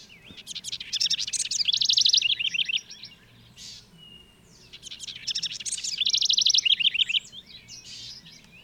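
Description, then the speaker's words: House wren song: two rapid bursts of short, bubbling trilled phrases with a pause between them. Tiny bird singing very fast in many short phrases, sounding hurried and a little annoyed. "Because this is the sound of a house wren."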